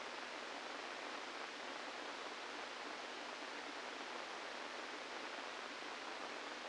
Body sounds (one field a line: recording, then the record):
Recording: brain microelectrode recording played as sound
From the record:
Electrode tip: inside the subthalamic nucleus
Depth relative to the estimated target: -1 mm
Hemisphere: left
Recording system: NeuroSet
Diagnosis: Parkinson's disease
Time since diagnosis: 17 years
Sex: male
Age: 64 years